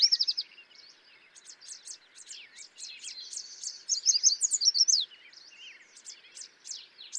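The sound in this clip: Yellow warbler singing rapid series of sharp high notes in several phrases, rising to a louder run near the middle, over a background of other small birds twittering.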